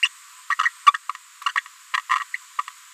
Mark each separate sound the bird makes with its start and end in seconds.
0.03-0.08, 0.50-0.54, 0.65-0.69, 0.86-0.92, 1.46-1.49, 1.94-1.97, 2.10-2.15, 2.34-2.36, 2.58-2.61